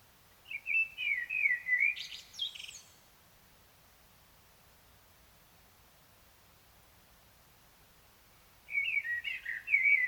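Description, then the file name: Common blackbird singing two mellow, warbled phrases with high scratchy flourishes, separated by about six seconds of quiet. "Turdus merula"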